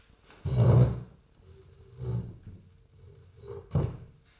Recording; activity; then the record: daily activity, microphone in the room; stand up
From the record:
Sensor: 2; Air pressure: 1005.0 hPa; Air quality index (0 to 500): 101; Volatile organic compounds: 2 ppm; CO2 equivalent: 1219 ppm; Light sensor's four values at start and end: 7/17/7/7 and 7/17/7/7